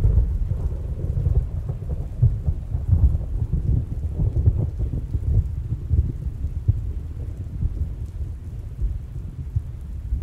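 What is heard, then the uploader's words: Thunder rolls through a storm in a deep, continuous rumble that fills the low end for the whole ten seconds. Crackling bursts flicker through it irregularly, and a soft hiss of rain sits faintly underneath, fading slightly toward the end. The powerful sounds of rolling thunder as it echoes through the sky. The deep rumbling and crackling sounds of the storm. This natural soundscape features no dialogue or voice.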